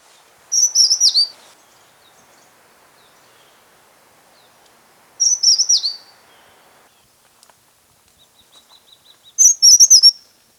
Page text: Chestnut-Headed Tesia Song. Quick Sounds